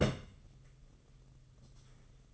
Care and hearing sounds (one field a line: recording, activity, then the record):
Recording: daily activity, microphone in the room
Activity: place on stove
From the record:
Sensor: 4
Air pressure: 995.3 hPa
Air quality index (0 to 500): 215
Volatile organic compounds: 257 ppm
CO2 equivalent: 4379 ppm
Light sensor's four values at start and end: 24/77/29/32 and 24/77/29/32